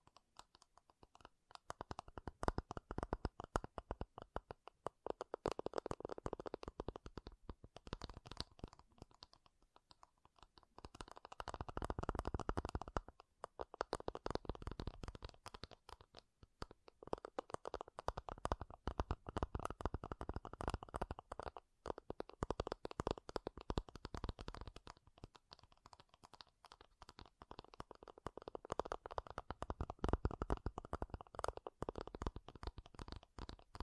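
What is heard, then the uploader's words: Dense scratching and tapping on makeup packaging, rapid and continuous, swelling into louder rubbing bursts roughly every eight to ten seconds. ASMR MAKEUP TAPPING & SCRATCHING 3CE Unboxing (No Talking).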